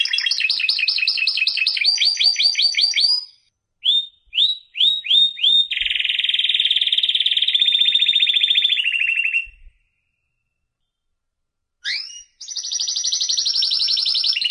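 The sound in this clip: Canary song: rapid high chattering trills, several quick sweeping notes, then a long steady rolling trill, a pause of about two seconds, and fast bright trilling again.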